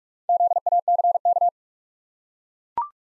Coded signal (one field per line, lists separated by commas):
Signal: Morse code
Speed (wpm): 42 wpm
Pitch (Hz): 700 Hz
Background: none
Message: ZACK